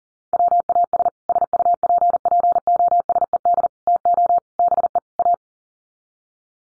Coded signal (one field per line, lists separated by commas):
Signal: Morse code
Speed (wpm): 40 wpm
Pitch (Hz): 700 Hz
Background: none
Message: WAS SUPPOSED TO BE A